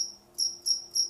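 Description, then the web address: Cricket chirping: three short high chirps about a third of a second apart over a faint steady hum. "the sound pack tree. single cricket chirp"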